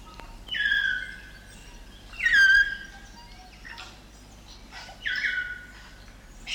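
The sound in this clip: South Island kaka song: three drawn-out whistles, each sliding down and holding, with faint low hum.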